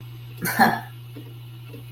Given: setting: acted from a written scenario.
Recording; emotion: vocal sound without words; pride